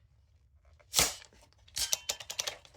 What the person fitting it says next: that's all the way out and it'll lock into place all the way out which is a bit too long